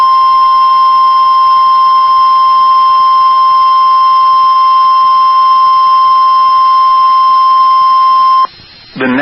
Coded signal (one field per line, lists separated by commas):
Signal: Emergency Alert System (SAME) tones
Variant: 1050 Hz attention tone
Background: speech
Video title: Severe Thunderstorm Warning (EAS 2102) 1/7/23